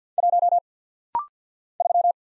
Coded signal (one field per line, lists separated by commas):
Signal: Morse code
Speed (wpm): 48 wpm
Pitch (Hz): 700 Hz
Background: none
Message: 1 3